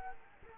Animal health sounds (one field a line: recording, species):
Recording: mosquito wingbeat signal from an infrared sensor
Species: Culex quinquefasciatus